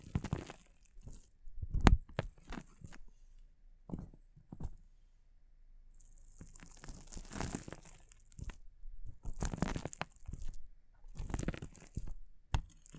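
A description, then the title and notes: Water beads are squeezed and crushed by hand, giving wet squishing and popping sounds. Sharp crunches come in bursts, loudest near two seconds, with softer squelching and fizzy crackle between about six and eight seconds. ASMR ONLY Crushing water beads sounds Visual Triggers for Relieving Stress (No Talking).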